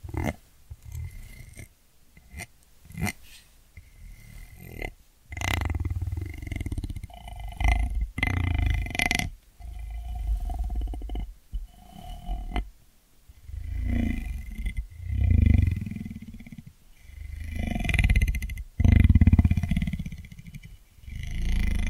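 Ear cleaning sounds with deep, muffled rubbing and rumbling that swell and fade in uneven waves. Sharp crackles and clicks cut through often, especially in the first half, and a faint steady whine sits high above throughout. The later rumbles grow fuller and heavier.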